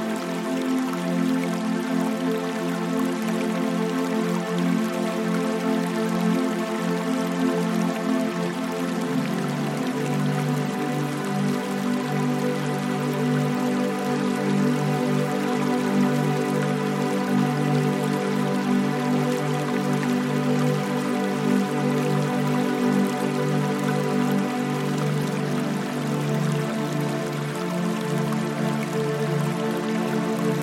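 Soft ambient music of long, held tones plays over a gentle babbling brook, with light drips and trickles running throughout. The level stays even for the whole stretch. Around nine seconds a deeper note enters beneath the chords and sustains to the end.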